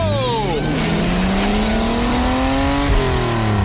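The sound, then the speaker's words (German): Race car number 12 roars loudly as it leaves the pit lane after new wheels are fitted, its pitch dipping briefly before climbing steadily as it accelerates hard, with a quick gear shift near the end and no voices. “Achtung, Wagen Nummer 12 biegt in die Boxengasse ein. Das Auto läuft klasse.”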